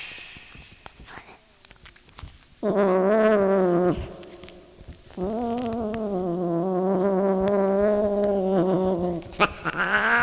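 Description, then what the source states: Cat giving two wavering, drawn-out yowls, a short one and then a longer one of about four seconds, over faint background clicks and rustles. Pet cat named Sunshine.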